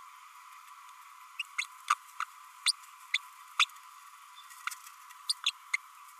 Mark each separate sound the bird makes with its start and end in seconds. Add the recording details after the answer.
1.39-1.42, 1.58-1.64, 1.89-1.94, 2.20-2.24, 2.66-2.72, 3.13-3.18, 3.59-3.65, 5.29-5.33, 5.46-5.51, 5.73-5.76. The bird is a female. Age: 32 days. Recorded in a nest box in Venezuela. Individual 17B32A7